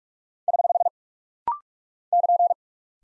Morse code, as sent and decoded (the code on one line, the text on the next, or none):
........ / -.--.
<HH> <KN>